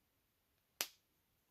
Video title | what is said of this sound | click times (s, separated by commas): Victorinox Survival Sheath | should snap right in there | 0.8 s